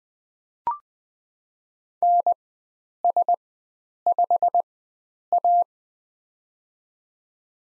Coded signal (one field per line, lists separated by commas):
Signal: Morse code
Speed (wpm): 20 wpm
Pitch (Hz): 700 Hz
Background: none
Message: NS5A